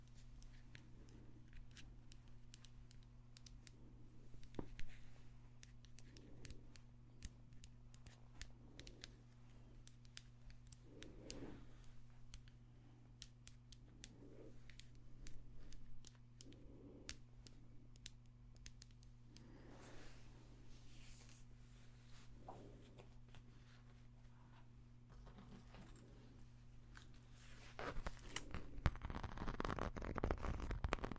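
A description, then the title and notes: Crisp tapping runs through the whole clip, with quick bright clicks and snips falling in irregular bursts. A steady low hum sits underneath, with soft thuds roughly every second or two. Near the end a louder rustling, crinkling noise swells up and takes over. ASMR Extra Tingly Tapping No Talking.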